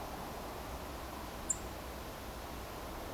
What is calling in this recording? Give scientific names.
Turdus philomelos